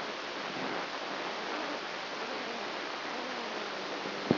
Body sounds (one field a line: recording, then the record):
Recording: brain microelectrode recording played as sound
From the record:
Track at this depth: outside the subthalamic nucleus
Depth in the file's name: 0.008 mm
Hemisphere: right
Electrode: 2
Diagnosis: Parkinson's disease